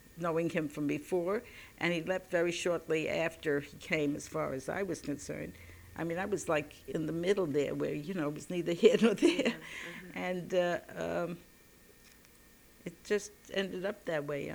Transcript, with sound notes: knowing him from before, and he left very shortly after he came as far as I was concerned. I mean, I was like in the middle there where, you know, it was neither here nor there. [She laughs]
Yeah. Uh-huh.
And it just ended up that way.